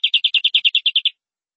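Canary song phrase of about eleven clear, evenly spaced chirped notes at a steady high pitch, delivered quickly over one second.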